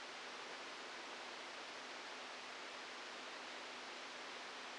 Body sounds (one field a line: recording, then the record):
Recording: brain microelectrode recording played as sound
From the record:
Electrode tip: outside the subthalamic nucleus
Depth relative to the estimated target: 3 mm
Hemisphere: left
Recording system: NeuroSet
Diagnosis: Parkinson's disease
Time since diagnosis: 12 years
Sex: male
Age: 61 years